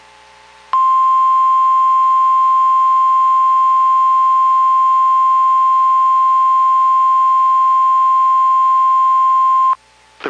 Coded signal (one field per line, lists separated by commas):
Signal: Emergency Alert System (SAME) tones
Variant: 1050 Hz attention tone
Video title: NOAA Weather Radio - Required Weekly Test KEC80 Atlanta, GA